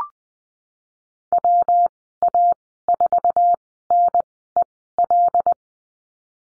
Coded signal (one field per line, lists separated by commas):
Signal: Morse code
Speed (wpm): 20 wpm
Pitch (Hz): 700 Hz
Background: none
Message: WA4NEL